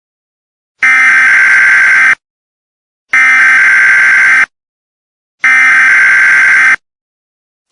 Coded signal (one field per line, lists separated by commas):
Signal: Emergency Alert System (SAME) tones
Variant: header bursts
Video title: EAS scenario - Ventura County isn't real